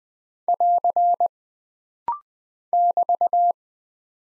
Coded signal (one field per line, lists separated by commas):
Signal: Morse code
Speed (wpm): 20 wpm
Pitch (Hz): 700 Hz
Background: none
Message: <AR> <BT>